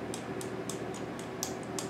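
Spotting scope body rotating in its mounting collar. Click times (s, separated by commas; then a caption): 0.1 s, 0.4 s, 0.7 s, 1.4 s, 1.8 s. An SV401 spotting scope body is turned in its mounting collar through its locking detent positions, giving a series of short, light clicks over a steady background hiss. Clicks land at about 0.1, 0.4, 0.7, 1.4 and 1.8 seconds, the one at 1.4 s the sharpest. Each click marks the body seating into one of its lock positions.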